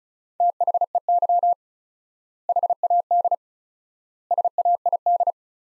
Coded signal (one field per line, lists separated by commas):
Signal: Morse code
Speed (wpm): 36 wpm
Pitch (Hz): 700 Hz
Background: none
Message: THEY HAD SAID